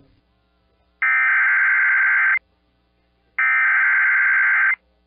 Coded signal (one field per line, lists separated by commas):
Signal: Emergency Alert System (SAME) tones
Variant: header bursts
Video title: EAS Timeline: Catastrophic Hurricane Fiona Makes Landfall in Puerto Rico NOAA Weather Radio/TV